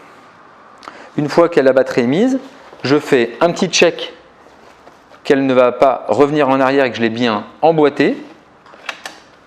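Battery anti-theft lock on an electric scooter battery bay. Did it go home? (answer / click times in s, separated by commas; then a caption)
yes / 8.9 s, 9.1 s. The battery anti-theft lock on a Silence S01 electric scooter (Connected and S01+) is turned after the 41 kg battery has been slid into its bay and checked so it won't roll back. Someone talks through most of the clip, then two sharp mechanical clicks are heard at 8.9 s and 9.1 s. The lock engages and secures the battery in place.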